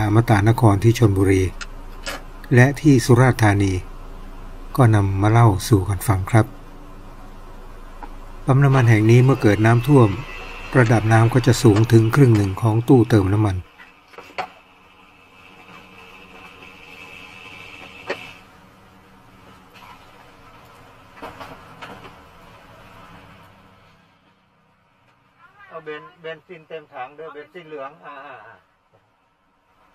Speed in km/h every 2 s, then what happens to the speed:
6, 6, 6, 0, 0, 0, 0, 0, 0, 0, 0, 0, 0, 0, 0.
4-6 slows to 0. 6-30 standing.